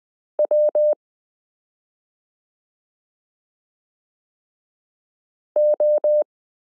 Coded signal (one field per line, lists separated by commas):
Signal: Morse code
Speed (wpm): 20 wpm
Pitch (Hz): 600 Hz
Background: none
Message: W O